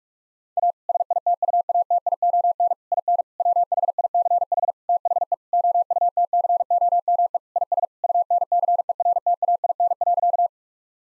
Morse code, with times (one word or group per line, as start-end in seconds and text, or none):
0.6-0.7 A
0.9-2.7 SITUATION
2.9-3.2 IN
3.4-4.7 WHICH
4.9-5.3 THE
5.5-7.4 OUTCOME
7.6-7.8 IS
8.0-10.5 UNCERTAIN.